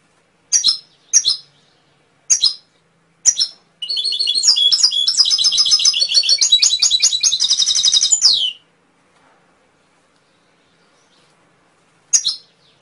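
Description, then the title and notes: Canary gives several short high chirps, then a long rapid rolling trill lasting nearly five seconds, followed by silence and another chirp. Masteran recording of canary song, used for training songbirds to sing. "PANCINGAN SUARA MASTERAN KENARI BIKIN BURUNG MAKIN MENGGILA. masteran kicau kenari"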